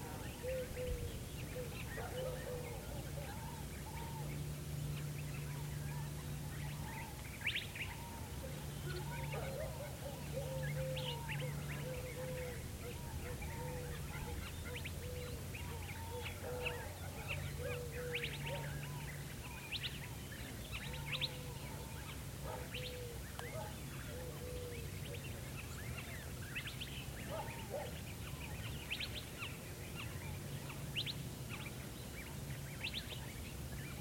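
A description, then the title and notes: Ambience of a village heard across a valley, with a steady low drone like an engine or generator running underneath. Birds chirp and twitter continuously throughout, with sharp bright ticks and calls scattered densely over the whole stretch. Village across valley - Binaural field recording, Apache reservation, Arizona. This is a binaural audio recording.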